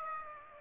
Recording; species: mosquito wingbeat signal from an infrared sensor; Aedes aegypti